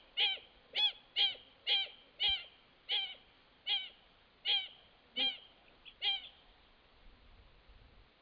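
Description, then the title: Wattled jacana giving a series of about ten harsh, nasal squawking calls. Nominate subspecies Jacana jacana jacana. "LuckyPassaro Completos2Sama. Wattled Jacana"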